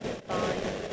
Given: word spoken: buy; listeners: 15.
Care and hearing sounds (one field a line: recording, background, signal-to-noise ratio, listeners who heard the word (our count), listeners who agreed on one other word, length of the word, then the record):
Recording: one English word in noise, from a listening test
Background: noise modulated by three-talker babble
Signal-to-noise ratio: -7.3 dB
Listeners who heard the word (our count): 3 of 15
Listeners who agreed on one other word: 9 of 15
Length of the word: 0.53 s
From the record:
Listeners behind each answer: 9, 3, 3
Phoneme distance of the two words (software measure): 17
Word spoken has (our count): 1 syllable, 2 phonemes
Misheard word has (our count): 1 syllable, 3 phonemes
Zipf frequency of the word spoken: 5.37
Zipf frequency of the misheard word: 5.44